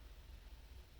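A blue plastic lock tab in a Dell OptiPlex 3060 desktop PC chassis is handled during an SSD replacement, before it is pressed into place. Only a steady low rumble and broadband hiss are heard, with no distinct hits. Nothing has seated or clicked yet.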